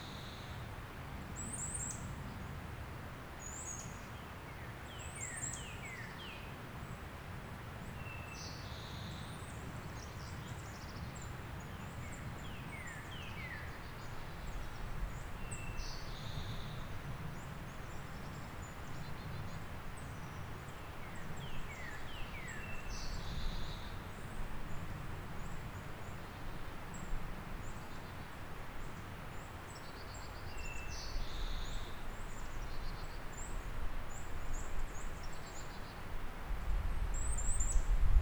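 Birds sing in a loose chorus over the steady rush of the Dunn's Creek waterfall, with high chirps and short descending trills recurring every few seconds. The low water roar stays constant throughout, growing a little louder after the midpoint and again near the end.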